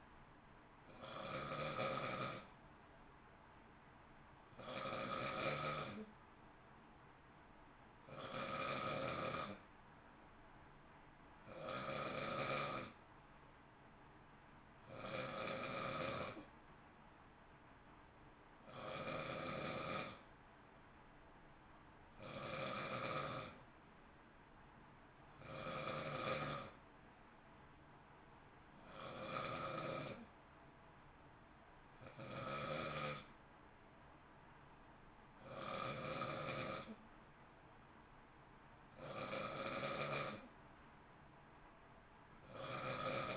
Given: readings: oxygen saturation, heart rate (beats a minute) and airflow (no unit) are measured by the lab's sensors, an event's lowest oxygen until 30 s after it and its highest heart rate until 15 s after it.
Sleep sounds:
breathing in sleep by a voice recorder at the bedside; none
17.00-43.36 s: new sleep stage, N1 (lightest sleep)
From the record:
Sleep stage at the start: N2 (light sleep); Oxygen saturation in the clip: 91 to 92%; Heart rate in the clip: 55 to 58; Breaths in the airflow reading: 20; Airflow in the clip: -0.7 to 0.7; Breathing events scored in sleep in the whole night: 328 in 6.3 hours asleep

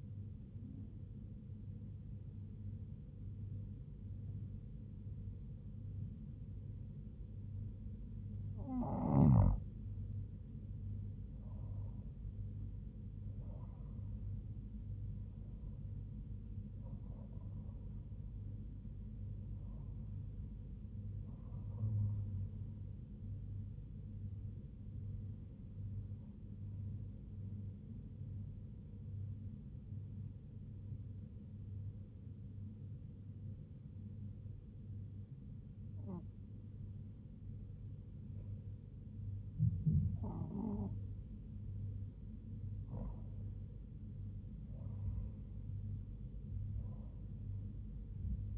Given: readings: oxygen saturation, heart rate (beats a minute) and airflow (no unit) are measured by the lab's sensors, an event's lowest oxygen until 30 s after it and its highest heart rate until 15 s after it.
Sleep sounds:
breathing in sleep by a smartphone at the bedside; 1
30.00-43.80 s: hypopnea (N1, oxygen 98% highest, then 96% lowest, heart rate 74 at the start, 79 highest)
From the record:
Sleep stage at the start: N1 (lightest sleep); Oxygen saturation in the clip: 97 to 98%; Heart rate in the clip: 70 to 82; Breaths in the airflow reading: 12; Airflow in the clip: -5.2 to 4.6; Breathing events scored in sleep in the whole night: 158 in 7.3 hours asleep

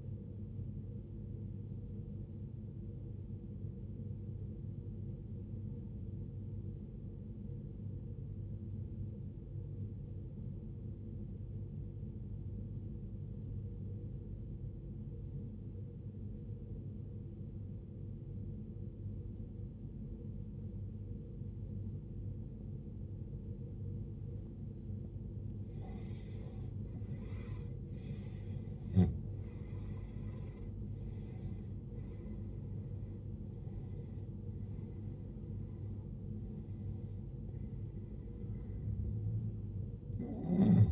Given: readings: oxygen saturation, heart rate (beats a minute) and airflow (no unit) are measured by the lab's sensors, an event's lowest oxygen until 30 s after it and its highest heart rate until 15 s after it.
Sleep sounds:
breathing in sleep by a smartphone at the bedside; 1
3.00-27.00 s: obstructive apnea (N1, oxygen 94% highest, then 81% lowest, heart rate 61 at the start, 76 highest)
6.00-36.00 s: new sleep stage, N2 (light sleep)
36.00-40.92 s: new sleep stage, N1 (lightest sleep)
From the record:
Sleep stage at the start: N1 (lightest sleep); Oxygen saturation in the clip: 83 to 94%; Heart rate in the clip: 54 to 76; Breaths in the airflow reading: 5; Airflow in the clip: -18.4 to 20.4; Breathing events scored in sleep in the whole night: 389 in 6.3 hours asleep

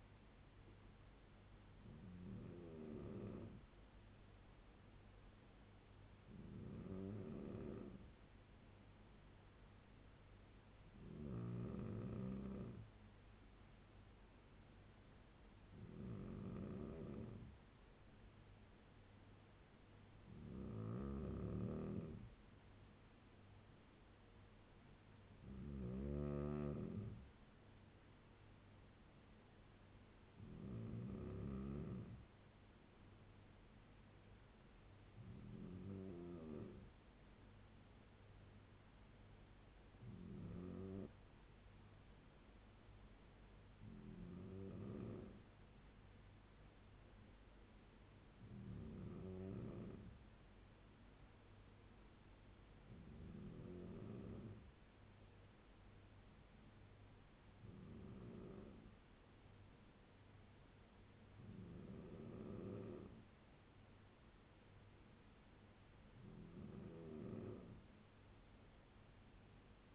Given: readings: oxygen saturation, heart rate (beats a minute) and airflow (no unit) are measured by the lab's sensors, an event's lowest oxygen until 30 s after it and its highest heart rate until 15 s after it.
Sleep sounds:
breathing in sleep by a voice recorder at the bedside; none
none scored
From the record:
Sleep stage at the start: N2 (light sleep); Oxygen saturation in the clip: 94 to 96%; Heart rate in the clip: 68 to 75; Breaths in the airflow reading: 15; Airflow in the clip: -4.0 to 4.1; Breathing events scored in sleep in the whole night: 201 in 6.5 hours asleep

